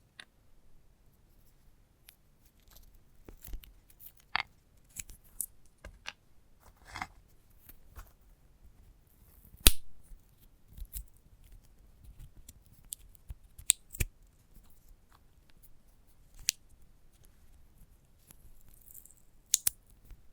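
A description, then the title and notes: Dry crackles, snips and ticks come from handling a sunflower head, in irregular bursts against near silence. The sounds are crisp and bright, spaced unevenly through the twenty seconds, with a sharp louder snap near the ten-second mark and scattered rustles between. ASMR of a Sunflower Head (No Talking).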